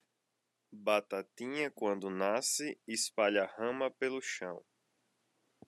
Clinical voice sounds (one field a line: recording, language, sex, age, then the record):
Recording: short text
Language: Brazilian Portuguese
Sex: male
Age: 30 to 39 years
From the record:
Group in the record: control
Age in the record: 33 years